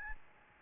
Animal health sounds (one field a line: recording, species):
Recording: mosquito wingbeat signal from an infrared sensor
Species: Aedes albopictus